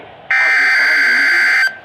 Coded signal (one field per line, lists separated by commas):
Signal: Emergency Alert System (SAME) tones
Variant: header bursts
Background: speech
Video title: Required Weekly Test On KWO39 and on KXI41. (EAS 282-283) 8/2/23